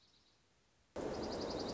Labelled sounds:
Dark-eyed Junco
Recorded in Sonoma County, California

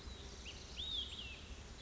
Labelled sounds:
Olive-sided Flycatcher
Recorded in Sonoma County, California

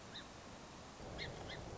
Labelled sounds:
Song Sparrow
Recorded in Sonoma County, California

